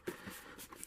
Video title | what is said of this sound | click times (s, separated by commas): Star Wars The Black Series The Mandalorian Incinerator Stormtrooper Premium Electronic Helmet | let me click this baby up. | 0.8 s